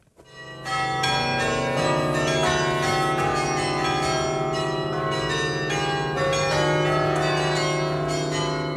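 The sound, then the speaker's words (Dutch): Carillon bells of the Dom tower in Utrecht ring out in a dense, continuous melody, many bright overlapping tones sustaining and blending at a steady loud level, with no voices present. “En dit is geluid vanuit de Dom.”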